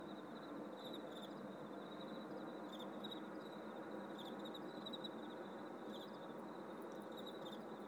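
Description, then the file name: Cricket: an unbroken high trill, half buried in a constant rushing hiss. "tomas miguel - grillos y murcielagos"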